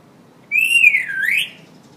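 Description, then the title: Hill myna giving a single loud, clear whistle that starts high, dips down and then rises again, lasting about a second over a quiet background. Hill myna singing actively (gacor); the recording is meant as a tutor (masteran) for training other birds. "Suara Burung Beo Gacor Cocok Untuk Masteran"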